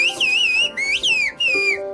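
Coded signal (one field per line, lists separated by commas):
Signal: whistled language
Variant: Turkish kuş dili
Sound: a loud gliding whistle rising and falling in three phrases, like whistled speech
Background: faint background hum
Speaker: this is cushdili also known as the bird language it allows complex conversations over long distances without using words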